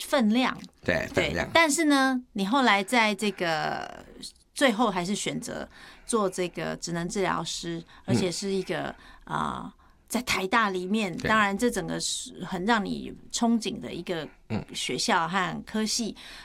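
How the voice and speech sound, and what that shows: A woman speaks fluent Mandarin in a quiet small room, asking a conversational interview question with brief pauses and soft "嗯" fillers. Her voice is clear, with moderate pitch, natural rising and falling intonation and an even rate. This is ordinary speech with no sign of a voice or speech disorder.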